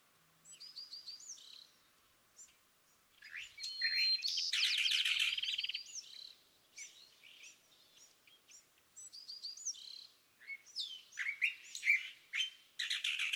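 California thrasher song: a long, rambling series of varied phrases, some harsh and noisy, others squeaky and slurred, delivered in uneven bursts with short pauses.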